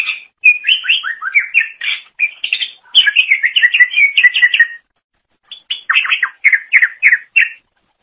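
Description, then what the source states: Leafbird song, a long stream of quick varied whistles and chattering notes, some sweeping down, with a short silent break before a final rapid series. Cucak ijo song.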